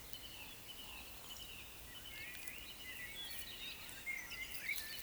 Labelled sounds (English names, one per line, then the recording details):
Eurasian Woodcock croak
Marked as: croak, croak
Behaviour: display flight
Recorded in Baden-Württemberg, Germany, on 31 May 2021 at 19:30 UTC
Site 24606, 635 m above sea level